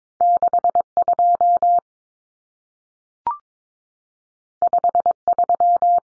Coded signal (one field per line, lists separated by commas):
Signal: Morse code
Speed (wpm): 22 wpm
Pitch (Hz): 700 Hz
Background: none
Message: 62 53